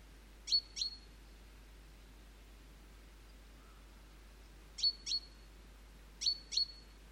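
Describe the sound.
Great tit calls: sharp, high paired notes with a thin ringing tone, given in three pairs over a steady low background hiss.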